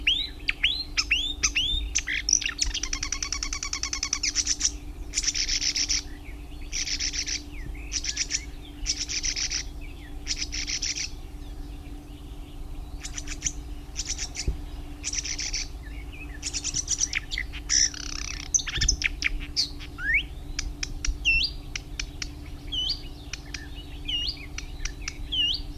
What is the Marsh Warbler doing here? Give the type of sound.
song